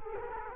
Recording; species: mosquito wingbeat signal from an infrared sensor; Culex quinquefasciatus